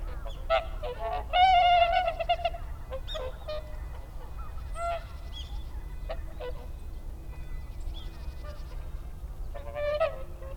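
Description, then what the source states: Whooper swan trumpeting, one loud drawn-out honk early, then scattered quieter calls and a final honk, with constant low background rumble. Recorded 30 December 2009.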